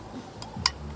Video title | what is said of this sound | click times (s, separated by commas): Year-End Camp - Sinigang na Corned Beef - Cassette Camping Stove Review @ Kahua Caliya River Camp | Ayun. Pag narinig nyo yung click, okay na yon. Ayan o. | 0.7 s